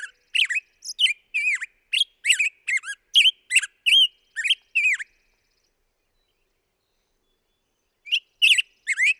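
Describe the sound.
Black-headed grosbeak song of rapid, rich whistled notes for about five seconds, then a quiet gap before a brief new phrase.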